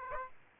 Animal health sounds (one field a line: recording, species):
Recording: mosquito wingbeat signal from an infrared sensor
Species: Aedes aegypti